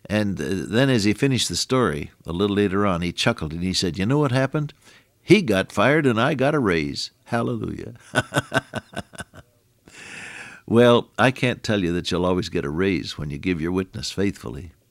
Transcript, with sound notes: And then, as he finished the story a little later on, he chuckled, and he said, “You know what happened? He got fired and I got a raise. Hallelujah.” [laughter] Well, I can’t tell you that you’ll always get a raise when you give your witness faithfully.